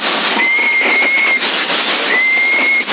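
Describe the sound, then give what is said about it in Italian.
Someone whistles two long, steady high notes, one after the other with a short gap between, over a constant rough background hiss. “Chi è che fischia avanti, vabbè.”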